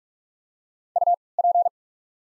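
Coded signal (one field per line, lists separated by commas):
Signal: Morse code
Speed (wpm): 48 wpm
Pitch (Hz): 700 Hz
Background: none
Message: U P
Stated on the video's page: Morse code practice of the top 200 words at 45 wpm with 3x character spacing, a form of Farnsworth timing.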